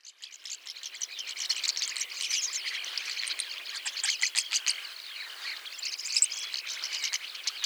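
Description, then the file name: Rosy starling song of gravelly chatter and short whistled slurs, rising in intensity after a quiet start and running on steadily. "jalak mawar"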